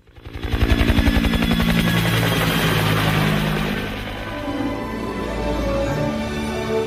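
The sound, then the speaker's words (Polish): A helicopter's rotor thumps in a fast, steady chop over a loud, rumbling engine roar that holds constant throughout, easing slightly midway before swelling again. The helicopter is flying over New Zealand's West Coast to view glaciers. “podziwia między innymi tamtejsze lodowce, a żeby je dobrze zobaczyć, wsiada do helikoptera.”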